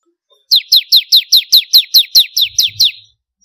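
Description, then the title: Prinia singing one quick phrase of about a dozen sharp descending chips, evenly spaced and ringing, with a soft low rumble near the end. "Kicau Ciblek Kristal"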